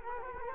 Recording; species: mosquito wingbeat signal from an infrared sensor; Culex quinquefasciatus